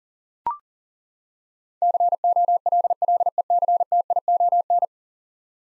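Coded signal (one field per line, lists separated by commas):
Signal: Morse code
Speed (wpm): 37 wpm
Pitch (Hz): 700 Hz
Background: none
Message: COLLECTION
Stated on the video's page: Morse head-copy drill of ten-letter words at 40 wpm, each word sent, spoken, then sent again.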